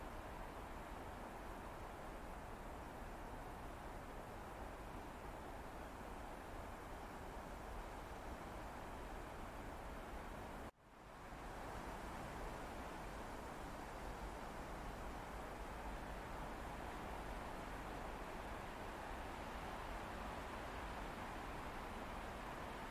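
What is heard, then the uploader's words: Wind moves through palm fronds as a steady, dense rush that fills everything from a low rumble to a bright hiss, with no distinct gusts or rustles standing out. Just before the eleven-second mark the sound cuts out briefly, then quickly swells back. These elegant palms sway gracefully in the tropical breeze.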